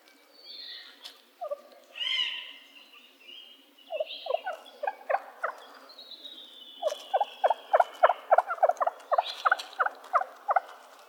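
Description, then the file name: Wild turkey gobble calls, a rapid rattling series of notes in bursts, the longest run near the end, with faint songbird chirps and whistles behind. Wild turkey recorded in Arizona on 17 May 2007. "W TURKEY deviche"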